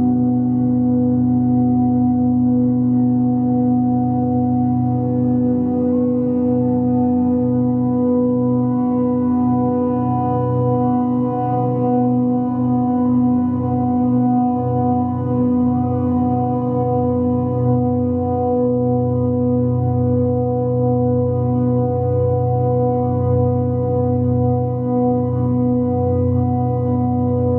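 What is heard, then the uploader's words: Sustained chakra tones hum and vibrate without a break for the whole half-minute, low and full, with steady overtones stacked above. A slow, gentle wavering pulses through the drone, and the level stays even throughout, with no distinct strikes or other sounds. Chakra friendly tones and vibrations.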